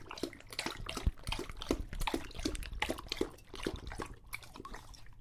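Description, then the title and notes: English Bulldog drinking, wet laps in quick uneven strokes with splashes. Male English Bulldog named Lucho drinking from a water bowl after a long walk, breathing heavily and out of breath between drinks. "English Bulldog Drinks from Water Bowl - Weird Sounds. listen to Lucho the English Bulldog as he tries to drink water after a long walk. Don't let his heavy breathing fool you in between drinks, he's equally out of breath from the walk"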